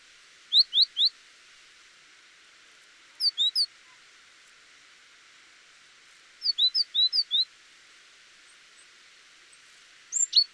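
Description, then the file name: Great tit calls: short, bright upswept notes in quick bursts of a few, separated by pauses of a few seconds, over a steady background hiss. "Parus major"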